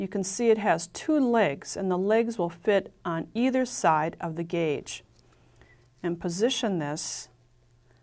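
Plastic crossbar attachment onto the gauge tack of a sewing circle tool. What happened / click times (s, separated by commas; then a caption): The plastic part is being positioned but has not snapped into place yet / none. A plastic crossbar attachment with an opening in its center crossbar and two legs is handled on a circle-sewing guide, its legs fitting on either side of the gauge as it is positioned over the gauge tack. Someone talks throughout, with a pause near 5 to 6 seconds where a couple of faint ticks occur. Nothing has seated or clicked yet.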